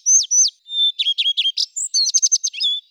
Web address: Phoenicurus phoenicurus